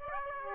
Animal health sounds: mosquito wingbeat signal from an infrared sensor; Aedes aegypti

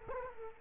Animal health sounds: mosquito wingbeat signal from an infrared sensor; Culex quinquefasciatus

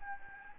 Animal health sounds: mosquito wingbeat signal from an infrared sensor; Anopheles gambiae

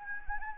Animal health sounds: mosquito wingbeat signal from an infrared sensor; Anopheles gambiae

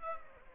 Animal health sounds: mosquito wingbeat signal from an infrared sensor; Aedes aegypti

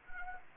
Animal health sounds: mosquito wingbeat signal from an infrared sensor; Anopheles arabiensis

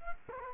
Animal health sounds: mosquito wingbeat signal from an infrared sensor; Culex quinquefasciatus

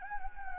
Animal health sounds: mosquito wingbeat signal from an infrared sensor; Anopheles gambiae

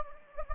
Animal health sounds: mosquito wingbeat signal from an infrared sensor; Anopheles gambiae

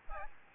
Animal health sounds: mosquito wingbeat signal from an infrared sensor; Aedes albopictus

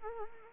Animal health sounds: mosquito wingbeat signal from an infrared sensor; Anopheles arabiensis

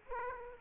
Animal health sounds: mosquito wingbeat signal from an infrared sensor; Aedes aegypti

